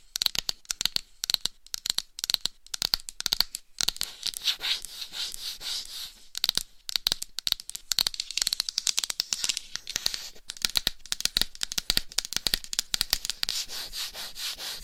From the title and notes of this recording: ASMR Binaural Dummy Head Mic Scratching , Massage & Tapping Hypnotic Asmr No Talking.